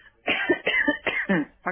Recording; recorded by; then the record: voluntary cough; telephone call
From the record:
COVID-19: positive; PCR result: checked with the laboratory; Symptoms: no